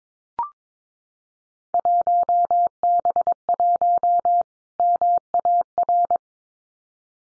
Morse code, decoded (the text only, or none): 1B1 MAR